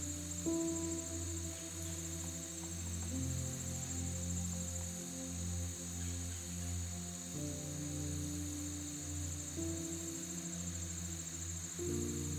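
Soft, calming music of slow, sustained low chords that change every few seconds, at roughly the half-second, 3, 7.5, 9.5 and 12 second marks. A steady, high cricket-like chirring runs underneath the whole time at an even level.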